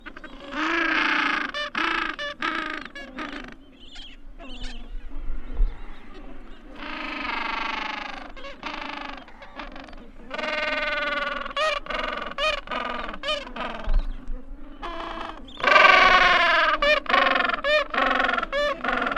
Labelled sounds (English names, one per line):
Gentoo Penguin call